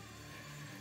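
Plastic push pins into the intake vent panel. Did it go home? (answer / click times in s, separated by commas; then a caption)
no / none. Plastic push pins are being handled to be pressed through a Fire N Ice intake vent plate, bedded on a thin bead of RTV, into the body panel of a 2020 Polaris Axys 850 snowmobile. A steady broadband wash with low humming tones and music plays throughout, with no distinct hits. Nothing has seated or clicked yet.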